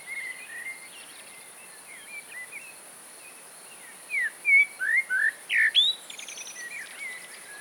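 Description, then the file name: Eurasian blackbird giving soft, faint warbled notes before a louder run of clear whistled slurs and a squeaky high twitter; a constant high-pitched hiss runs underneath. "Turdus merula"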